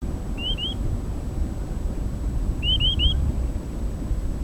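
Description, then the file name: Grey-tailed tattler calling: clear, rising, whistled notes, first a pair, then a quick run of three, above a strong low rumble. "Heteroscelus brevipes"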